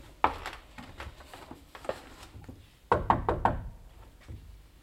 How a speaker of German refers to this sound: Klopfen wir nochmal.